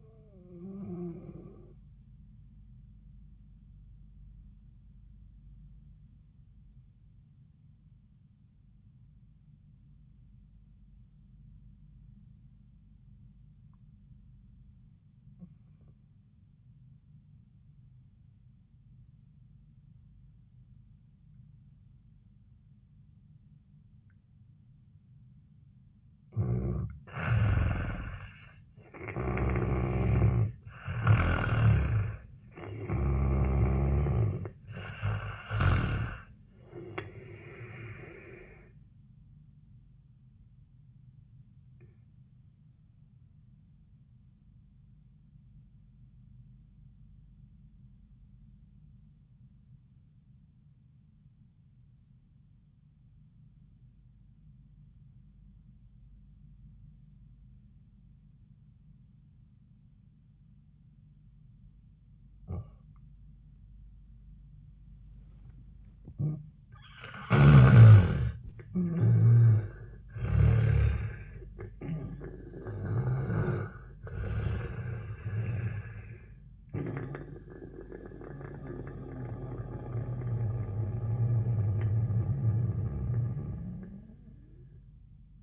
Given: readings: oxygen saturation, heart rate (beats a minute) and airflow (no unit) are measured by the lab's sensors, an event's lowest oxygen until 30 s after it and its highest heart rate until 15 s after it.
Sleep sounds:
breathing in sleep by a smartphone at the bedside; 2
6.00-27.90 s: obstructive apnea (N1, oxygen 98% highest, then 86% lowest, heart rate 86 at the start, 88 highest)
12.00-85.43 s: new sleep stage, N2 (light sleep)
41.00-66.60 s: obstructive apnea (N2, oxygen 98% highest, then 79% lowest, heart rate 85 at the start, 90 highest)
From the record:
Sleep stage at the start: N1 (lightest sleep); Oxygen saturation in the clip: 81 to 98%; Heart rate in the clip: 75 to 90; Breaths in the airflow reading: 8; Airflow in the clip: -13.1 to 7.4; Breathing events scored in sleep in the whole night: 400 in 8.7 hours asleep

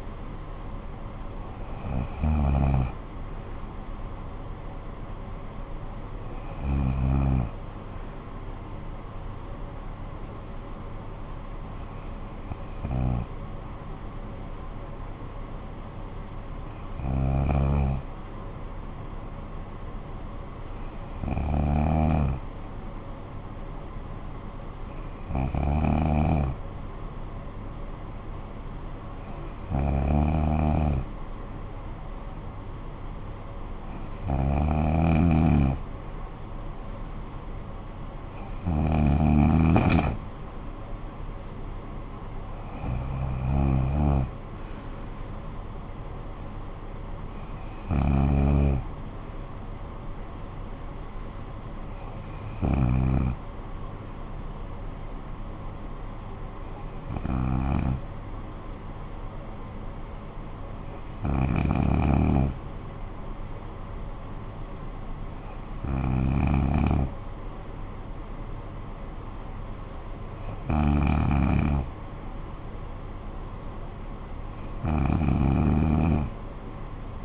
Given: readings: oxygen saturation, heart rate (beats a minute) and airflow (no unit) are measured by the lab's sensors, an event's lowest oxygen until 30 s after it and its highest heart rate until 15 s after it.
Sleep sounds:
breathing in sleep by a smartphone at the bedside; 1
1.00-77.25 s: new sleep stage, N2 (light sleep)
5.00-33.80 s: hypopnea (N2, oxygen 96% highest, then 93% lowest, heart rate 53 at the start, 67 highest)
From the record:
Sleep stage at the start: N1 (lightest sleep); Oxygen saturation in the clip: 93 to 96%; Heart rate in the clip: 49 to 67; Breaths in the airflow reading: 17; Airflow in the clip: -14.9 to 8.9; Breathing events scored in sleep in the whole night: 445 in 7.6 hours asleep

